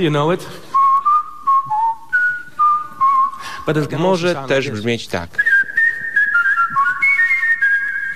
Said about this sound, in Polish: Gwizdałem również podczas uroczystej wigilii u moich teściów.